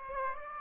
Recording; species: mosquito wingbeat signal from an infrared sensor; Aedes aegypti